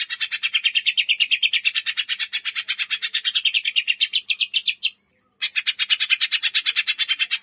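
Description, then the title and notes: Leafbird delivering a long, even run of clipped, high chattering notes, interrupted once by a short silence before continuing at the same brisk pace. Leafbird singing actively (gacor); masteran training recording for cage birds, also used as pancingan to provoke singing. "Masteran & Pancingan Cucak Ijo Gacor. Burung Cucak Ijo"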